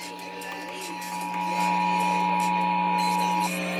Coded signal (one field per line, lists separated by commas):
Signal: Emergency Alert System (SAME) tones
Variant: 853 and 960 Hz attention tone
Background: speech, music